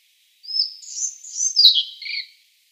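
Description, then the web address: Collared flycatcher song, a single phrase of about two seconds: a high whistle leading into scratchy, tumbling squeaks that drop lower at the end. "Schulze Peter Collared Flycatcher song"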